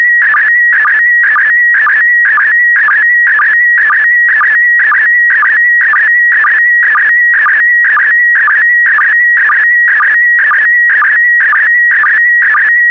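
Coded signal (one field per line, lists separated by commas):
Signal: SSTV (slow-scan television)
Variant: PD120 mode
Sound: warbling whistle around 2 kHz with a steady tone and a regular clicking pulse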